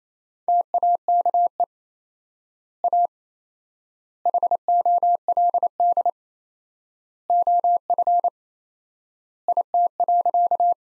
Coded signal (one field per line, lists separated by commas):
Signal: Morse code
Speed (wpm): 28 wpm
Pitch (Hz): 700 Hz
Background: none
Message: TAKE A HOLD OF IT.